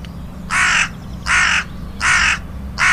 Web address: agykontroll Madardalok Cd 2. Dolmányos varjú